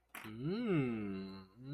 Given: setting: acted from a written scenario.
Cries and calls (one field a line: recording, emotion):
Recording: vocal sound without words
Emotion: desire